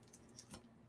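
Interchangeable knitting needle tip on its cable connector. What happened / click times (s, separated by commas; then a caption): The metal needle tip came off its cable connector / 0.4 s. A nickel-plated interchangeable knitting needle tip is pulled apart from its cable connector, producing several small metallic ticks. The tip comes off the cable with a click at 0.4 s, and the piece is released.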